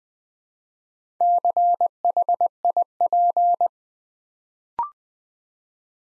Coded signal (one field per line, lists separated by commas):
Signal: Morse code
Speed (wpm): 20 wpm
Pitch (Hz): 700 Hz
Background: none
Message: CHIP